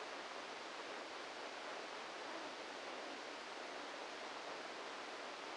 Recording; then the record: brain microelectrode recording played as sound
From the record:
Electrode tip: inside the subthalamic nucleus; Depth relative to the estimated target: -2 mm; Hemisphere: left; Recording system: NeuroSet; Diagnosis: Parkinson's disease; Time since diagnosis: 14 years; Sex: male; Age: 51 years